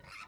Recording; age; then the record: pig call; piglet (1 to 25 days)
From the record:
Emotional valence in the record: positive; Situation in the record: short reunion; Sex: female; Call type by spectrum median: low-frequency call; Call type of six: mixed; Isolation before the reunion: 3 minutes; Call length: 0.28 s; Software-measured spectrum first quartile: 1090 Hz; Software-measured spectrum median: 2039 Hz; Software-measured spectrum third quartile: 2907 Hz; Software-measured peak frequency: 1304 Hz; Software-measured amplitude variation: 134 dB a second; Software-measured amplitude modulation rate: 16.4 a second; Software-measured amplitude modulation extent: 8.2 dB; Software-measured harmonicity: 2.4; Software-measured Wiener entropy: -1.27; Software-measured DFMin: 775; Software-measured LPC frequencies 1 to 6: 1294, 2222, 2572, 3903, 4371, 5149 Hz